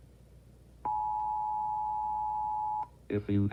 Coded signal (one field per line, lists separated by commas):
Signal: Emergency Alert System (SAME) tones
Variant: 853 and 960 Hz attention tone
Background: speech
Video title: 3/5/18 EAS - Edwin Inn Hotel